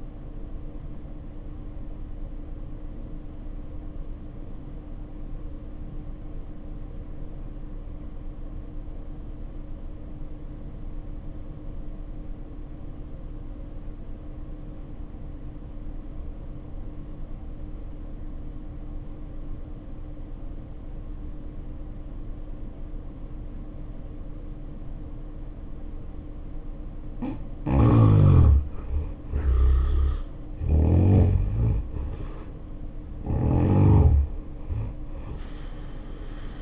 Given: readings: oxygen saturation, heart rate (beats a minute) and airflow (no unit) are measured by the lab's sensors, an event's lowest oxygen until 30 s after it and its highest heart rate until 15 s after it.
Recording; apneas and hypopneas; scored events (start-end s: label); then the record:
breathing in sleep by a smartphone at the bedside; 1
4.00-27.80 s: obstructive apnea (N1, oxygen 92% highest, then 66% lowest, heart rate 63 at the start, 81 highest)
From the record:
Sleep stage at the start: N1 (lightest sleep); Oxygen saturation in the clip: 71 to 92%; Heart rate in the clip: 60 to 81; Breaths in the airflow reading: 3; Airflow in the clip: -8.5 to 8.4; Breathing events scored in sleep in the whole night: 520 in 7.2 hours asleep